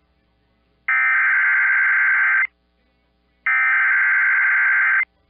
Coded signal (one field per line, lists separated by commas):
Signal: Emergency Alert System (SAME) tones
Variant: header bursts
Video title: EAS Timeline: Catastrophic Hurricane Fiona Makes Landfall in Puerto Rico NOAA Weather Radio/TV